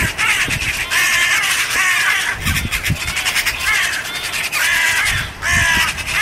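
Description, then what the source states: Western Jackdaw screams, loud harsh calls in repeated bursts with short gaps. A hawk attacked a jackdaw, and two other jackdaws gathered around and are screaming.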